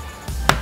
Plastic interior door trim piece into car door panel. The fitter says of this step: then you get the front, and you'll hear it snap into place.